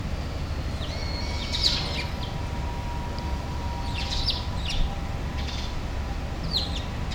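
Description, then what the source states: Bird giving short, sharp chirps scattered at irregular intervals, plus a brief thin whistle, over constant low rumbling noise and a faint, drawn-out steady tone. Recorded with an iPad Pro.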